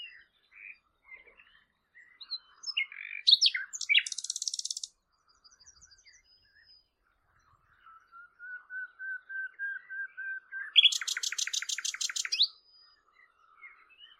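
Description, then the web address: Bird song mixing quick chirps and buzzy high bursts, a pause, then a low, even run of notes leading into a loud rapid trill. "cianscape birddata Deverinetal 2025 File origin Bird Only Lu Me"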